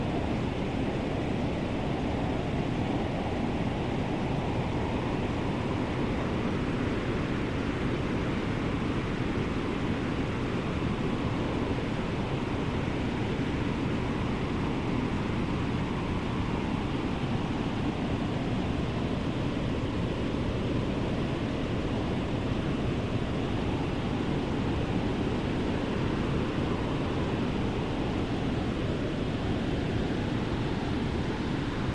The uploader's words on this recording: Calming White Noise Heater & Winter Wind Sounds.